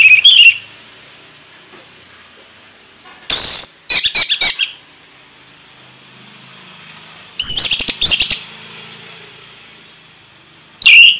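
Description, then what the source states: Orange-headed thrush song, loud short bursts of high whistles and sharp rattling notes separated by quiet gaps of several seconds. Orange-headed thrush singing in gacor ngeplong style.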